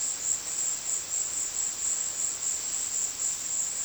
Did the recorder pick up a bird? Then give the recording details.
no. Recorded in secondary vegetation near Puerto Asís, Putumayo, Colombia, on 20 February 2024 at 16:00. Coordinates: 0.472, -76.331. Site G6371